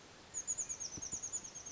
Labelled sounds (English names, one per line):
Oak Titmouse